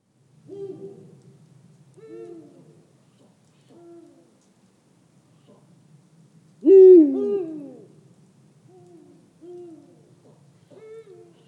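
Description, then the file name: Eurasian eagle-owl calling: a series of about seven low hoots at irregular intervals, one near the middle much louder and harsher than the rest. Recorded close up. "Digiffects Sound Effects Library - Close Eagle Owl"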